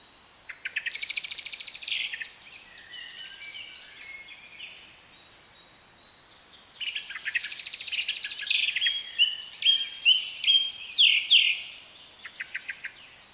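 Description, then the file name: Birds singing, with bursts of high trills and sharp chirps that rise and fall in two busy spells separated by a quieter gap. British birds. "Birds Atmosphere - Nature Sounds - British Birds"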